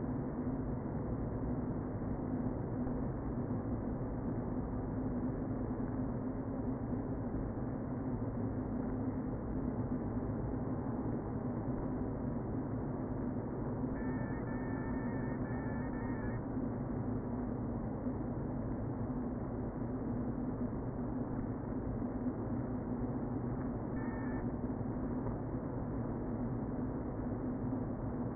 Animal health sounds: honeybee colony, microphone inside the hive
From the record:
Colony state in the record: queen present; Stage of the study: before two queens were removed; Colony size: about 60,000 bees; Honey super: yes

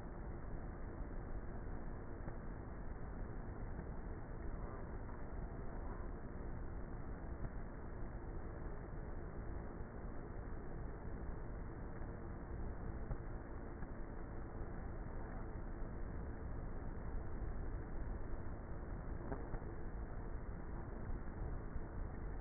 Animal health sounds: honeybee colony, microphone inside the hive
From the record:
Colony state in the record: queenless with a low population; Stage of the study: before two queens were removed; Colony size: about 30,000 bees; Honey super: no

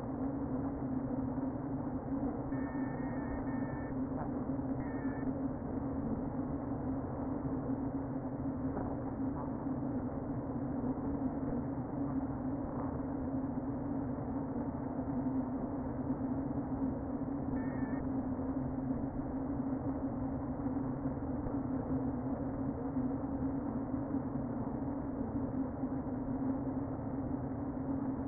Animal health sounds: honeybee colony, microphone inside the hive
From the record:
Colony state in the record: queen present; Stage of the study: before two queens were removed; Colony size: about 60,000 bees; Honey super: yes

